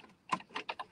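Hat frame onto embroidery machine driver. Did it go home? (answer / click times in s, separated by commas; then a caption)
no / none. A hat frame is being handled and pushed onto the driver of a Tajima embroidery machine, producing a few short, sharp knocks and rattles at about 0.3, 0.6, 0.7 and 0.8 seconds. Nothing has seated or clicked into place yet.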